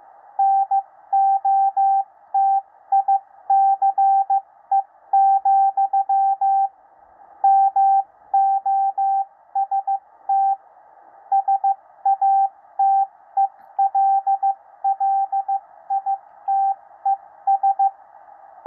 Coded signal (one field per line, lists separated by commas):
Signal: Morse code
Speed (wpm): 15 wpm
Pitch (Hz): 780 Hz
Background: radio noise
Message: NOTICE, MOST SATELLITES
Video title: 13 WPM CODE PRACTICE - W1AW